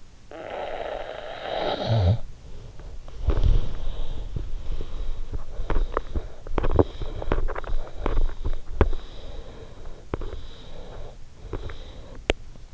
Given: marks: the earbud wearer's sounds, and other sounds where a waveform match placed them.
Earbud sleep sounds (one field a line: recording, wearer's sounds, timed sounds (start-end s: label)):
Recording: sounds in sleep by an in-ear microphone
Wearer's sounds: snoring breath, breath, teeth grinding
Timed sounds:
0.00-2.68 s: snoring breath
2.97-12.74 s: breath
4.23-12.49 s: teeth grinding